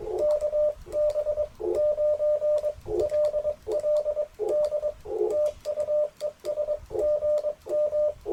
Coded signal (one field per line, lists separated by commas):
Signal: Morse code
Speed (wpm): 22 wpm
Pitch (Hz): 600 Hz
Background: radio noise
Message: KB9LLD TU ES GM